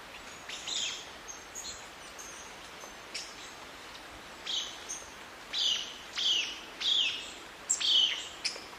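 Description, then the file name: Black-capped foliage-gleaner song: sharp, slightly descending high notes, faint at first, then louder and repeated several times toward the end over a steady background hiss. "canto do limpa folha coroado"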